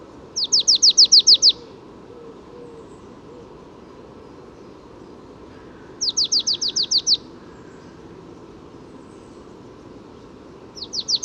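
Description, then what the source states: Marsh Tit song repeated three times, each a quick string of sharp, high, down-slurred notes, with long quiet gaps between phrases. Spring morning; third marsh tit heard that morning; only resident birds singing, migrants not yet arrived; birds well fed at feeders begin singing as soon as mild weather arrives.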